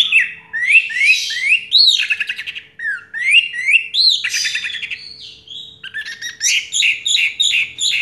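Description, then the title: Orange-headed thrush song: rising, slurred whistles repeated in quick series, then a run of rapid, evenly spaced chirping notes. Sound used to prompt an orange-headed thrush that has stopped singing to start singing again. "Anis Merah Macet.. Pancing Dengan Suara Ini.. # Anis Merah"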